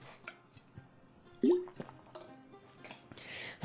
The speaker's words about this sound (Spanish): Bueno, voy a beber un poco de agua, porque es que, claro, yo no había calculado que me estoy haciendo un podcast yo solo.